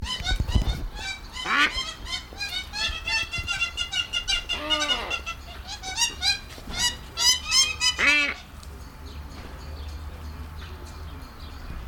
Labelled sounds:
Hamerkop call
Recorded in captivity
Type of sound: call sequence
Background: Hagedashia hagedash
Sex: pair
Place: Tierpark Berlin, Berlin, DE
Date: 1996-05-01 17:47
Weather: heiter, 17°C
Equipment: Sony MD-WM MZ-R3, Sennheiser MKH 416 T, Kopie Uher 4000 Report Monitor
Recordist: Tembrock, Günter
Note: Männchen auf Weibchen, Rufreihe

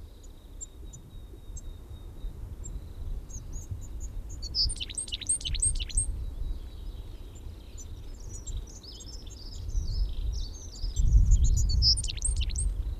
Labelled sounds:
Willow Tit
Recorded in the wild
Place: Ehrwald, Tirol, AT
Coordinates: 47.4, 10.9183
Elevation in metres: 980
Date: 1968-04-17
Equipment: 19 cm Halbspur
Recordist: Tretzel, Erwin

